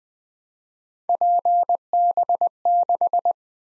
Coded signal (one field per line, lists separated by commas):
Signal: Morse code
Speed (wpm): 20 wpm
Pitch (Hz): 700 Hz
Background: none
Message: PB6